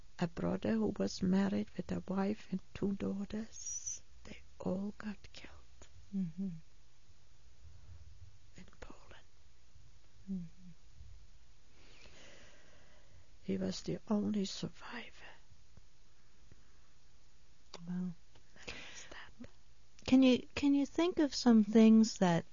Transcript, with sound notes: a brother who was married with a wife and two daughters, they all got killed in Poland. ( she is almost whispering ) He was the only survivor.
Can you think of some things that